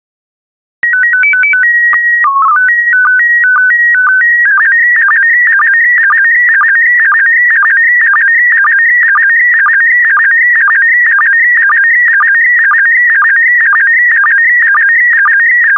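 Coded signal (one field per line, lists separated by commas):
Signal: SSTV (slow-scan television)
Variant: PD 120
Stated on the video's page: SSTV images in PD120 mode, computer-generated from stock photos.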